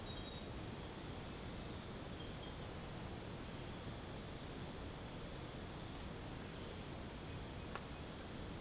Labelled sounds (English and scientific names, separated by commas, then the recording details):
none
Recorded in secondary vegetation near Puerto Asís, Putumayo, Colombia, on 22 December 2024 at 04:30
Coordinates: 0.489, -76.322
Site G059